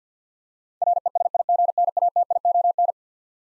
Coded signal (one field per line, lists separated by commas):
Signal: Morse code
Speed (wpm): 50 wpm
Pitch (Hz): 700 Hz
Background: none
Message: RESIGNATION